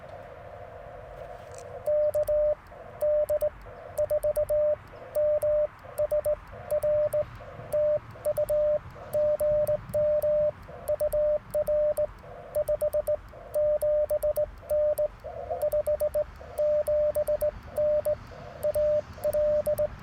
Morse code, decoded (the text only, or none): KD4MSR TU GM UR 57N 57N AL